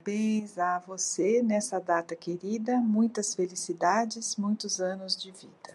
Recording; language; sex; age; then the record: short text; Brazilian Portuguese; female; 60 to 69 years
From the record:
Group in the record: control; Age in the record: 60 years